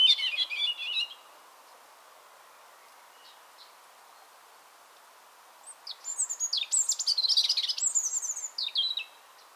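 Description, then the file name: European robin song: a short burst of rapid high notes, a long quiet gap, then a longer phrase of thin whistles and quick jumbled trills. "Erithacus rubecula"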